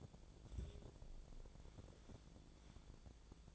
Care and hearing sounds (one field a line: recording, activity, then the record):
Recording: daily activity, microphone in the room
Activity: take from stove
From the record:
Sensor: 5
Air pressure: 1000.0 hPa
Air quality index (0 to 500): 96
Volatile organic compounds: 1 ppm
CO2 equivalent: 779 ppm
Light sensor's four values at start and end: 378/897/388/437 and 374/889/384/432